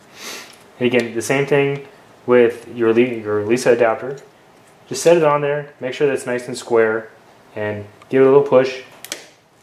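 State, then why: Seated. A clip-on Lisa chip adapter is set squarely onto a PLCC chip on an Amiga 1200 motherboard and given a little push while someone talks. A quick double click at 9.0 and 9.1 seconds marks the adapter snapping into place, seated.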